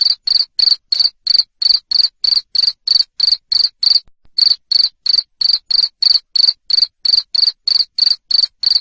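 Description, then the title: Cricket chirps in a long regular run of loud high pulses, roughly three per second, with one short gap midway. Loud cricket chirping, played to stimulate lovebirds to sing continuously. "Suara JANGKRIK NGERIK Keras Bikin LOVEBIRD Jadi NGEKEK Terus Vubey"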